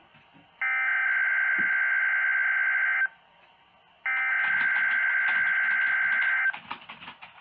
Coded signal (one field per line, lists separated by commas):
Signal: Emergency Alert System (SAME) tones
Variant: header bursts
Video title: [EAS #44] RWT (3/28/2018)